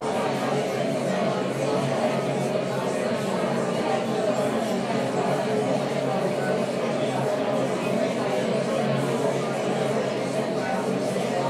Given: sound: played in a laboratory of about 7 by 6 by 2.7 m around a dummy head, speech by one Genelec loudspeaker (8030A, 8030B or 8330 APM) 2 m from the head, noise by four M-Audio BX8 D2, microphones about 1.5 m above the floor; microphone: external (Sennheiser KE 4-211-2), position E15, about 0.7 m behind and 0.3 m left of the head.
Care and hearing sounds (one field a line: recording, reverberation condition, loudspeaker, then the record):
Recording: babble noise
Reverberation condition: medium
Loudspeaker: four, about 170 cm from the corners of the room and facing them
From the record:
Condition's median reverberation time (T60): about 510 ms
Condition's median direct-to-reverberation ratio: about -0.5 dB